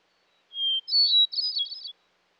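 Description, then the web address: Hermit thrush song: a clear whistled opening note followed by a rapid, higher fluttering cascade of bright tones, about one and a half seconds long. Western North America. "Dan Gibson Wildlife Identification By Sound, Western North America. Hermit Thrush"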